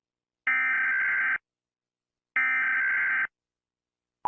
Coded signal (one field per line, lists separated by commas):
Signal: Emergency Alert System (SAME) tones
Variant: header bursts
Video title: Disappearing Continent || Eas Scenario ||